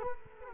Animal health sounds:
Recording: mosquito wingbeat signal from an infrared sensor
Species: Culex quinquefasciatus

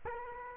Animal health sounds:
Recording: mosquito wingbeat signal from an infrared sensor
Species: Culex quinquefasciatus

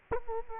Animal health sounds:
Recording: mosquito wingbeat signal from an infrared sensor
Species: Culex quinquefasciatus

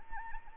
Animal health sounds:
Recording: mosquito wingbeat signal from an infrared sensor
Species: Anopheles arabiensis

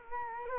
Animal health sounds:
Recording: mosquito wingbeat signal from an infrared sensor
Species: Culex quinquefasciatus

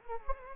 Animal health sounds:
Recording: mosquito wingbeat signal from an infrared sensor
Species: Anopheles gambiae

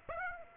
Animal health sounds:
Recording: mosquito wingbeat signal from an infrared sensor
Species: Aedes aegypti

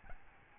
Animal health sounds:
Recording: mosquito wingbeat signal from an infrared sensor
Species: Aedes albopictus

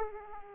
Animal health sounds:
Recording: mosquito wingbeat signal from an infrared sensor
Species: Aedes aegypti

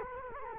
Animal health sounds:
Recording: mosquito wingbeat signal from an infrared sensor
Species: Culex quinquefasciatus

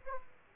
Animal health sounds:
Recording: mosquito wingbeat signal from an infrared sensor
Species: Aedes aegypti

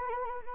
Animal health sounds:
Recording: mosquito wingbeat signal from an infrared sensor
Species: Anopheles arabiensis

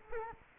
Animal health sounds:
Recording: mosquito wingbeat signal from an infrared sensor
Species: Culex quinquefasciatus

